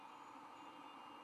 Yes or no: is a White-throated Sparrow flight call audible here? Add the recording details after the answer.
no. No flight call is heard. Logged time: 03:06 on 24 November 2014